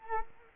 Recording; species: mosquito wingbeat signal from an infrared sensor; Culex quinquefasciatus